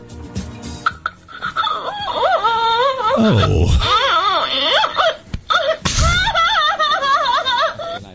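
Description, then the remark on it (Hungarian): A crying doll toy wails in wavering, high-pitched sobs, several rising-and-falling bursts broken by short gaps and a sharp breathy catch, with a brief spoken exclamation. “És azt mondja, anya, apa, vedd meg nekem a síróbabát. A baba így sír.”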